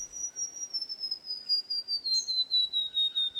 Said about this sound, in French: Ça c'est un petit oiseau brésilien assez commun qui s'appelle la paruline. Qu'est-ce qui fait pour une paruline qu'un chant appartient à son espèce ? C'est le fait d'avoir une descente en fréquence régulière avec une certaine pente de fréquence.